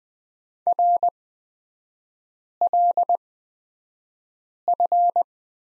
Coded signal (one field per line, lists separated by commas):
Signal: Morse code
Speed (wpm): 20 wpm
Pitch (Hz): 700 Hz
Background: none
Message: RLF